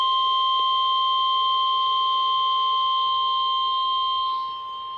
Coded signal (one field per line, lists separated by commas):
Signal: Emergency Alert System (SAME) tones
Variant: 1050 Hz attention tone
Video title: WWG53 RWT EAS-602